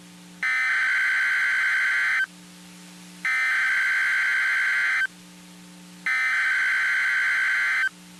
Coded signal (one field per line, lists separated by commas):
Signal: Emergency Alert System (SAME) tones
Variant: header bursts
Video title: EAS Child Abduction Emergency (AMBER Alert) Austin, Texas (Unknown Suspect/Baby Victim)